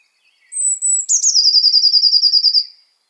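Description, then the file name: Eurasian blue tit song, one phrase: a thin high whistle followed by a quick trill of many even notes. "Cyanistes caeruleus"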